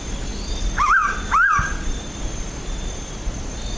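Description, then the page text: Mangrove pitta giving a two-note call: two rising, wavering whistles in quick succession over a low background hiss. "Yong Ding Li - Мангровая питта (Pitta megarhyncha)"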